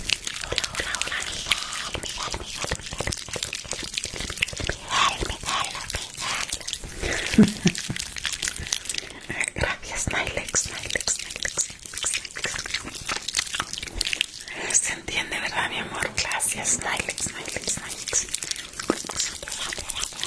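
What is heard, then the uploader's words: Mouth sounds: a dense stream of wet clicks, smacks and crunchy bites, like chewing, running without pause for the full twenty seconds. The bursts are quick and irregular, crisp and bright, with a steady hiss underneath and a few louder snaps around seven seconds. Mouth Sounds.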